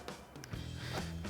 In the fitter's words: Hear that click again.